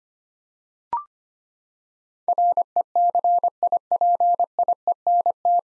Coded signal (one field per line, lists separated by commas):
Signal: Morse code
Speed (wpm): 25 wpm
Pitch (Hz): 700 Hz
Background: none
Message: RECIPIENT